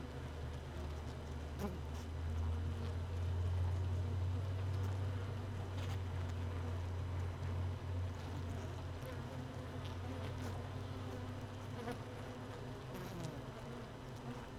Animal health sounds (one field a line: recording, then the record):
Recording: honeybee colony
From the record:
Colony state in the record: missing queen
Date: 31 May 2018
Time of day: 17:15